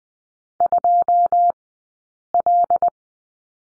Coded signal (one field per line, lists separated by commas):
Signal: Morse code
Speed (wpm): 20 wpm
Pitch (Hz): 700 Hz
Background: none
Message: 2L